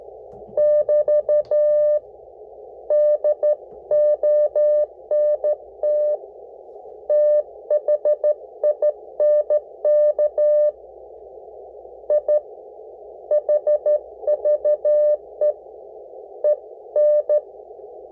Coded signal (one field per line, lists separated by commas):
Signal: Morse code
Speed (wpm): 13 wpm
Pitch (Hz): 600 Hz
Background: none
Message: <BT> DONT THINK I HVE EN